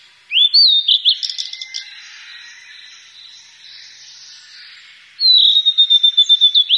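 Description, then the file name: Blue-and-white flycatcher song, rising whistles then a jumbled twitter, a pause, and a long high whistle broken into rapid pulses at the end. "ooruri"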